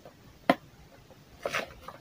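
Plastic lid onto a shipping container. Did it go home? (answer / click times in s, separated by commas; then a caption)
yes / 0.5 s. A plastic lid is pressed onto a shipping container holding packed BSF eggs and tissue until it locks shut, so no tape is needed. A sharp click at 0.5 s marks the lock, followed by a softer cluster of handling noise around 1.5 to 1.6 s. The lid is seated.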